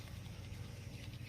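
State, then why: Not seated. A new, stiff rubber boot or seal is worked onto a brake caliper toward its groove, with only a steady low rumble and soft handling patter heard throughout. Nothing has seated or clicked yet.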